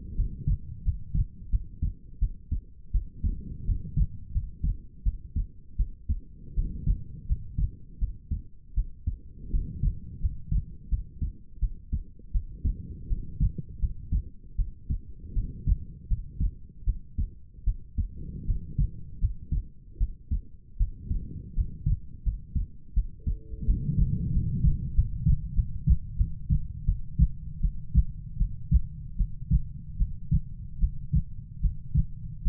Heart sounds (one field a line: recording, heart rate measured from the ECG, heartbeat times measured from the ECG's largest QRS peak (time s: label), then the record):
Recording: heart sounds by stethoscope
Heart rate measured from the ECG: 82 bpm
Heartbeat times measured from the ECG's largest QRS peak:
0.15 s: heartbeat
0.83 s: heartbeat
1.50 s: heartbeat
2.19 s: heartbeat
2.91 s: heartbeat
3.65 s: heartbeat
4.32 s: heartbeat
5.03 s: heartbeat
5.76 s: heartbeat
6.54 s: heartbeat
7.27 s: heartbeat
7.99 s: heartbeat
8.74 s: heartbeat
9.50 s: heartbeat
10.20 s: heartbeat
10.89 s: heartbeat
11.59 s: heartbeat
12.32 s: heartbeat
13.08 s: heartbeat
13.79 s: heartbeat
14.56 s: heartbeat
15.33 s: heartbeat
16.08 s: heartbeat
16.84 s: heartbeat
17.64 s: heartbeat
18.45 s: heartbeat
19.19 s: heartbeat
19.98 s: heartbeat
20.77 s: heartbeat
21.54 s: heartbeat
22.23 s: heartbeat
22.94 s: heartbeat
23.65 s: heartbeat
24.31 s: heartbeat
24.94 s: heartbeat
25.54 s: heartbeat
26.16 s: heartbeat
26.85 s: heartbeat
27.60 s: heartbeat
28.37 s: heartbeat
29.16 s: heartbeat
29.97 s: heartbeat
30.79 s: heartbeat
31.60 s: heartbeat
32.43 s: heartbeat
From the record:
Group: healthy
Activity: rest 0-17 s, breath hold 17-32 s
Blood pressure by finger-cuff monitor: 104/68 mmHg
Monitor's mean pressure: 77 mmHg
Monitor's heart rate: 81 bpm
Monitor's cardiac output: 6.5 L/min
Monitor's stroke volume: 78 mL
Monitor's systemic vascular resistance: 870 dyn s/cm5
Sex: female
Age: 19 years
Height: 163 cm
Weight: 48.9 kg